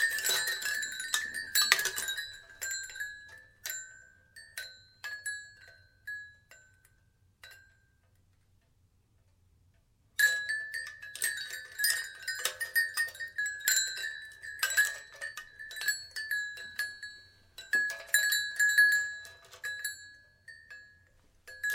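Wind chimes ring in bright, overlapping clusters of metallic tones, thick for the first two seconds and then thinning into scattered strikes that fade out. Near ten seconds a fresh burst starts and the chiming stays busy, with sharp clinks recurring every second or so through the end.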